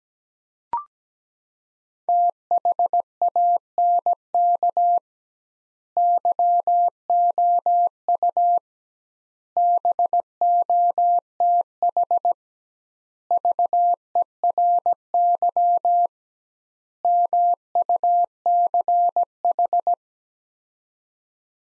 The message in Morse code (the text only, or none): THANK YOU BOTH VERY MUCH